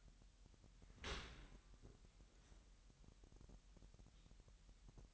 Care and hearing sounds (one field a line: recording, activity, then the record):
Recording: daily activity, microphone in the room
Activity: open dishwasher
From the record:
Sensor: 3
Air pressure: 998.3 hPa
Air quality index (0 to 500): 149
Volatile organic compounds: 5 ppm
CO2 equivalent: 1780 ppm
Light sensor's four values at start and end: 13/39/16/14 and 13/39/16/14